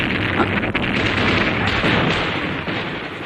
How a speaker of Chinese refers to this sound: 话音刚落，机枪声骤起，子弹打破车窗，汽车戛然停下。